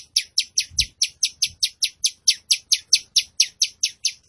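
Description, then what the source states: Tembakan bird giving a rapid, steady series of sharp, high chirps, each sliding down slightly. Training recording (masteran) for cage birds, featuring a vigorously singing (gacor) Tembakan bird.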